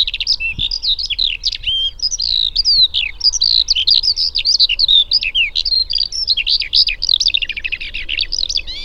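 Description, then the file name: Eurasian skylark pouring out rapid, varied twittering and trilled phrases in one continuous stream, with a soft thump near the start. "alauda arvensis"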